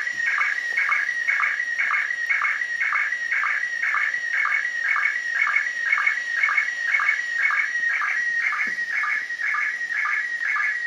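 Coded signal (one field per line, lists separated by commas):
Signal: SSTV (slow-scan television)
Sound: warbling tone around 2 kHz repeating about twice a second with short low blips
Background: radio static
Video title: Perception SSTV (2m) SDR Lapwing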